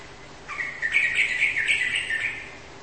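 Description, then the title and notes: Bird giving one continuous warbling phrase of quick, rippling chirps lasting about two seconds, with a low background hum. "Bird Sound. Kicau Burung"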